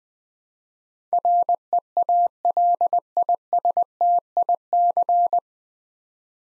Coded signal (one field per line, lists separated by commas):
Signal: Morse code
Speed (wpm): 20 wpm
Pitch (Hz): 700 Hz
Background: none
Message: REALISTIC